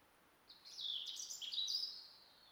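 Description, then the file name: European robin song, one rich tumbling phrase of high thin whistles and trills shifting pitch over about a second and a half, over faint hiss. "Erithacus rubecula"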